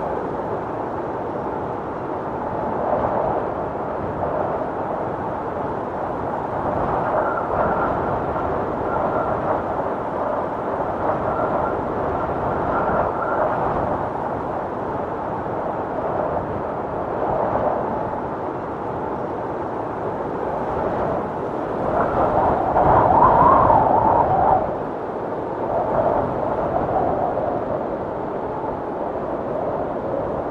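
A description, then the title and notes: Steady low wind roars without pause, swelling into louder gusts around seven to fourteen seconds and again near twenty-three seconds. Wind storm sounds.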